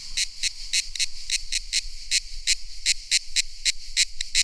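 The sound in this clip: Cicada song of harsh rasping pulses repeated several times a second against a continuous high buzz.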